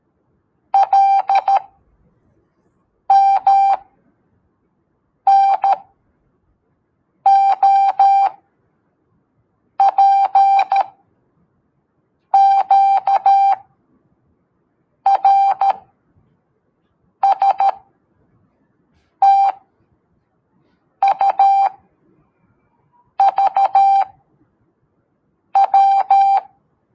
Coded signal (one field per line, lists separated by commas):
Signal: Morse code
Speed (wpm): 13 wpm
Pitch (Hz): 790 Hz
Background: none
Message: L M N O P Q R S T U V W